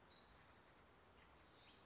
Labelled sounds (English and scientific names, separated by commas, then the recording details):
California Towhee (Melozone crissalis)
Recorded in Sonoma County, California